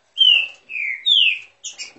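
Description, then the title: Green-winged saltator song of three clear downward-gliding whistles in quick succession, then two short higher notes. Bird warming up its song; song type labelled voice 09. "Canto De Trinca Ferro Voz 09. Trinca Ferro esquentando!"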